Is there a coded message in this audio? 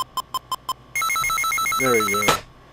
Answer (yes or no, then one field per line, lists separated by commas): no